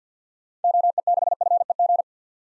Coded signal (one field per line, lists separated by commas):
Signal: Morse code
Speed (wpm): 48 wpm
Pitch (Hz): 700 Hz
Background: none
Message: OE6FEG